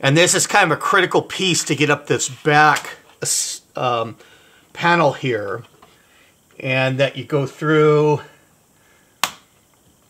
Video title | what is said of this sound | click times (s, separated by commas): IBM PS/2 L40SX Opening and Backup Battery Replacement | and you just hear that that click as i've gone through and be gentle again | 9.2 s